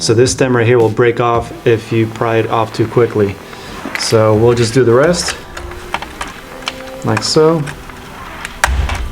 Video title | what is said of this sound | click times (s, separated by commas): GMC Yukon & Sierra 1500/2500/3500 Instrument Cluster Panel (ICP) Removal and Disassembly | and you can hear it snap off | 8.6 s